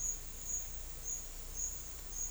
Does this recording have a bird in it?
no